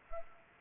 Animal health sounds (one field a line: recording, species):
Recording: mosquito wingbeat signal from an infrared sensor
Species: Anopheles arabiensis